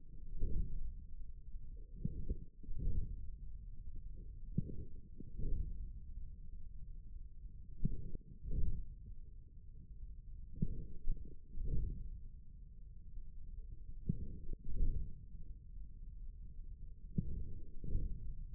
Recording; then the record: forearm muscle sounds (acoustic myography)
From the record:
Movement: forearm pronation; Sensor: system 1, eight BSWA MPA416 microphones around the upper forearm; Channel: 4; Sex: male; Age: 41 years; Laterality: right